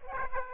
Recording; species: mosquito wingbeat signal from an infrared sensor; Aedes aegypti